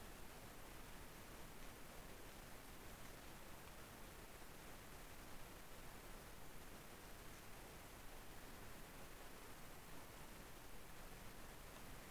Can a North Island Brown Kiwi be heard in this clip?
no